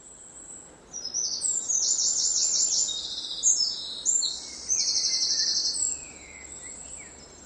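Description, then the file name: Eurasian wren delivering a full, explosive song of about five seconds, high, rapid trills and chatter run together at a fast pace, followed by quiet background. "Troglodytes troglodytes"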